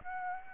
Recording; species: mosquito wingbeat signal from an infrared sensor; Aedes aegypti